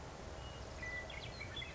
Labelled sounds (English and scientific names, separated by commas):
Western Meadowlark (Sturnella neglecta)